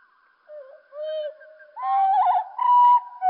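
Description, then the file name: Common blackbird song, slowed: deep drawn-out whistles, a sliding note, a wobbling trill and a long level whistle, each phrase separated by short gaps. Song slowed down. "Merle Et Merle Au Ralenti Merle noir ralenti"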